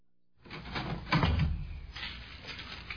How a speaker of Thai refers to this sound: อ๋อทั้งสองคนนี่เองเดี๋ยวนะเดี๋ยวฉันจะเปิดประตู